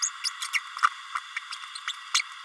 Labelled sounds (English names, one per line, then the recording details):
Green-rumped Parrotlet babbling
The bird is a male
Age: 31 days
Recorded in a nest box in Venezuela
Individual 17B32A6